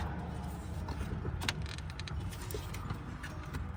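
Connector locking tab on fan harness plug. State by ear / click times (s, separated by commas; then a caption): not seated / none. Hands work the locking tab on the fan harness connector plug during a cooling fan replacement on a 2012 Jeep Grand Cherokee, with a steady low rumble underneath and a few short, sharp ticks of handling. Nothing has seated or clicked yet.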